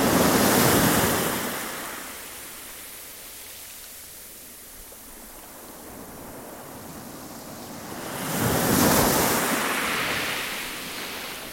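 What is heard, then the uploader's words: Waves crash on a stony beach, one breaking loudly at the start and another swelling up around eight to nine seconds. Between them the water hisses softly as it drains back over the stones, a steady rushing wash with faint wind. The rhythmic dance of waves crashing on a beach in Teignmouth, then falling back over the stones. The motion of the water creates soothing fizzing and trickling sounds. Recorded by Thomas Ellison.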